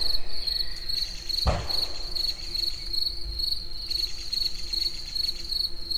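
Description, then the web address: Cricket chirping in steady, rapid high pulses that repeat continuously, over a low rumbling background with a brief loud knock near the start. Recorded in nature at the Eger tourist house. "tucsok. munkazaj esbagolyis egerturistahaz"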